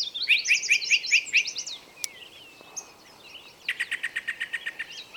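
Bird song of quick repeated two-part chirps, a descending slur, then a steady series of sharp evenly paced notes over a faint background hiss.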